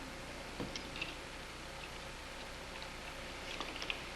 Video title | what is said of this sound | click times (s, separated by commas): Virtual Earth Week 2020 - Dare to Repair: Lamp Repair! | snaps in place if you | 3.9 s